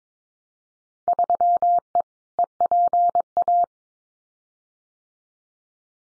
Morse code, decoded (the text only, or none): 3E EPA